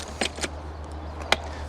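The folded handlebar stem of a Fiido seated electric scooter is raised upright into the folding mechanism, with a couple of softer knocks near 0.2 and 0.4 seconds over a steady low hum. The metal folding latch snaps home with a single sharp click at 1.3 seconds, locking the bars in place.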